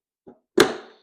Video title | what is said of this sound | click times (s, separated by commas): Assembly Guide - Vive Folding Shower Chair For Elderly And Disabled | so pins are now popped into place, and this thing is basically done. | 0.6 s